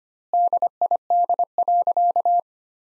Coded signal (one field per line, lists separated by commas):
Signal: Morse code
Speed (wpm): 25 wpm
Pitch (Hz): 700 Hz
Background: none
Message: DID.